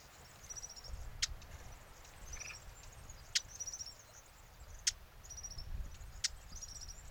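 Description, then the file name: Eurasian blackcap giving four hard tack clicks, a second or two apart, with high, thin chirping notes and low rumbling in between. "Sylvia atricapilla"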